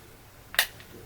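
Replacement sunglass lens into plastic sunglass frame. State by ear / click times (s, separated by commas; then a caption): seated / 0.6 s. A second replacement sunglass lens is lined up with the groove of a plastic Oakley Fuel Cell sunglass frame and pushed down to seat it. A faint tick at 0.5 s leads into a sharp, bright snap at 0.6 s, followed by a soft tick near 0.8 s. The lens snaps into the frame and is seated.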